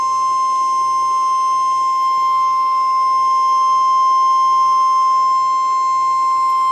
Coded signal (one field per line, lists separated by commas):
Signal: Emergency Alert System (SAME) tones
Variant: 1050 Hz attention tone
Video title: PDS Tornado Warning | EAS - NOAA Weather Radio (4/14/2012)